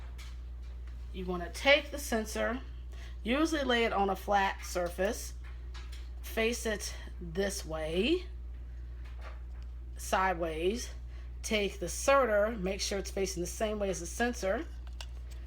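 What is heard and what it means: A Guardian Sensor 3 continuous glucose sensor for the 670G is laid on a flat surface and turned sideways to line it up before its inserter is pushed onto it. Someone talks over faint handling sounds, with a few soft taps near the end. Nothing has clicked or seated yet.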